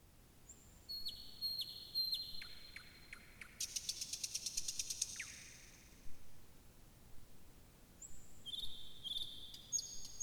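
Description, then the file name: Thrush nightingale song: long high whistles and spaced ticks, a dense rattling burst, a pause, then more whistled and clicking phrases over steady hiss. "Slowik szary"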